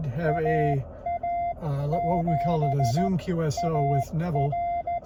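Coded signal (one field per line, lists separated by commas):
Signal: Morse code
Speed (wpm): 14 wpm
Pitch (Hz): 690 Hz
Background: speech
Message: AA7AR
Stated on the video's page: Elecraft K1 QRP go-kit operated mobile on battery power from the car dash, 20M, with a very low noise level.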